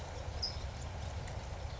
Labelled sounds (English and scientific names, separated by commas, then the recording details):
California Towhee (Melozone crissalis)
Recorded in Sonoma County, California